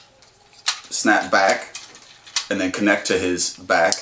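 Plastic toy robot legs are handled into the body while the figure is being transformed, with the feet about to be folded back. Someone talks over a sharp handling tap at 0.7 s and softer plastic handling sounds. Nothing has seated or clicked into place yet.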